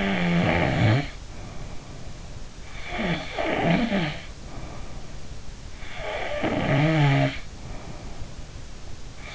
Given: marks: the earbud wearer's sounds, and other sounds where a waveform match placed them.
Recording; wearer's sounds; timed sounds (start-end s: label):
sounds in sleep by an in-ear microphone; snoring breath
0.00-2.42 s: snoring breath
2.92-5.37 s: snoring breath
5.94-8.62 s: snoring breath